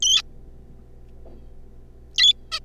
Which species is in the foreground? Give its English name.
Zebra Finch